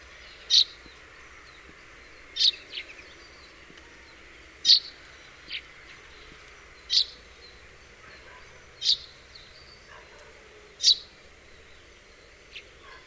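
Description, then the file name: House sparrow repeating a loud single chirp roughly every two seconds, six times, with occasional softer notes between and a steady low hum behind. "Passer domesticus"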